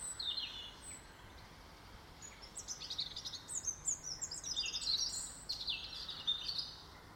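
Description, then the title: Bird song: a burst of high chirps, then after a quieter gap a long rapid twittering run to the end, over soft background noise. In a garden. "Birds Sounds in the Garden"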